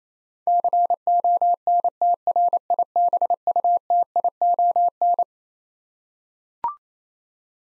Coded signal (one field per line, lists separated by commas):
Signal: Morse code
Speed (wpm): 27 wpm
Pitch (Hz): 700 Hz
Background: none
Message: CONTRIBUTION